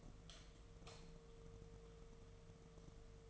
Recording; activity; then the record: daily activity, microphone in the room; light off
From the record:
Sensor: 4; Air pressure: 1015.5 hPa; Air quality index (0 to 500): 174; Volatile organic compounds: 7 ppm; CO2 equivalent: 2014 ppm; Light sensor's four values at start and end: 26/64/27/29 and 26/61/26/28